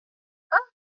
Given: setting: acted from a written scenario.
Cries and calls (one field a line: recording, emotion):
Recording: vocal sound without words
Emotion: positive surprise